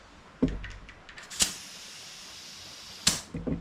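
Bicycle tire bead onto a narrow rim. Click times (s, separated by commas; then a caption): 1.4 s, 3.1 s. A used 26x2.125 whitewall tire is inflated onto a narrow 1.75 rim on a Huffy Good Vibrations bicycle, with the bead giving sharp pops and snaps at 1.4 s and 3.1 s over a steady hiss. Despite the popping, the bead is not seated on either side, since the old tire is a bit wide for the skinny rim.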